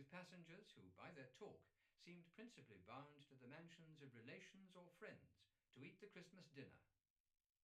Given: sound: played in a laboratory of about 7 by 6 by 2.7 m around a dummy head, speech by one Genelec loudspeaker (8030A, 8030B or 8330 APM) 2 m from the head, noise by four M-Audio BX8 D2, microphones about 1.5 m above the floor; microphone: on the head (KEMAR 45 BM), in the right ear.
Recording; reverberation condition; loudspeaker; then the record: male speech in English; low; behind (180 degrees)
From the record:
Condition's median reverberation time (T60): about 310 ms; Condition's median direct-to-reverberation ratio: about 3.5 dB